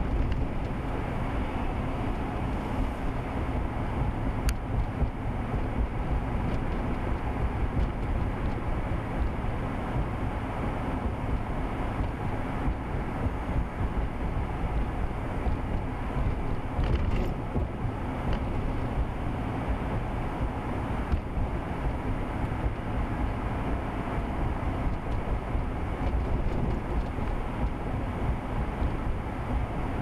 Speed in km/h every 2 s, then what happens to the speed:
56, 58, 60, 58, 58, 58, 56, 56, 56, 56, 58, 58, 58, 58, 60.
0-30 steady at about 58.